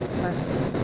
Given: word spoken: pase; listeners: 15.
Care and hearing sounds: one Spanish word in noise, from a listening test; noise modulated by three-talker babble; -6.4 dB; 0 of 15; 7 of 15; 0.44 s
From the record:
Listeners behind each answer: 7, 2, 2, 1, 1, 1, 1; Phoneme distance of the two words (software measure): 10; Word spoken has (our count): 2 syllables, 4 phonemes, stress on syllable 1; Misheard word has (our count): 2 syllables, 4 phonemes, stress on syllable 1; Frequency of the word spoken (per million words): 38.86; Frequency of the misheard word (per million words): 154.05

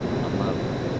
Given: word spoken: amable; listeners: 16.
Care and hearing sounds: one Spanish word in noise, from a listening test; speech-shaped noise; -6.6 dB; 2 of 16; 6 of 16; 0.60 s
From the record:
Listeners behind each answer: 6, 4, 3, 2, 1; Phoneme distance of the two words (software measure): 27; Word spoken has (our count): 3 syllables, 6 phonemes, stress on syllable 2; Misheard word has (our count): 3 syllables, 5 phonemes, stress on syllable 2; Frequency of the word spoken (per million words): 16.53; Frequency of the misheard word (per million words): 14.20

